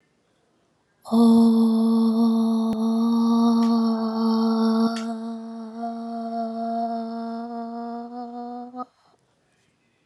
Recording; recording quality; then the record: sustained vowel as in boot; excellent, no background noise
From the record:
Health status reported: healthy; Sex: female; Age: 32 years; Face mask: not worn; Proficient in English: yes